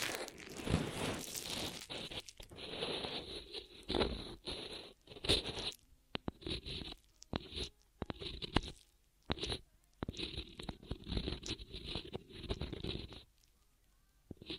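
Ear massage sounds: bursts of rustling, crunchy rubbing that start and stop irregularly, with brief sharp taps and short quiet gaps between strokes.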